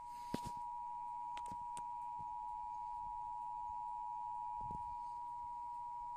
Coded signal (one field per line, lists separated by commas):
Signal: Emergency Alert System (SAME) tones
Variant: 853 and 960 Hz attention tone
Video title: Severe Thunderstorm Warning on NJPBS (EAS #114)